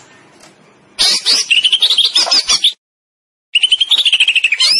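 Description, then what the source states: Greater green leafbird singing in fast, high chattering bursts with quick repeated whistled notes, broken by a brief silence before a second rapid twittering run. Described as gacor, singing persistently.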